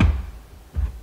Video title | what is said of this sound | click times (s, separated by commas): Unboxing travel portable potty for kids! | and it locks into place you can see how it makes it quite a bit taller | 0.0 s